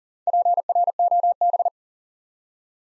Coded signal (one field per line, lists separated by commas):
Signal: Morse code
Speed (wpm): 40 wpm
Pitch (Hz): 700 Hz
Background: none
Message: PROB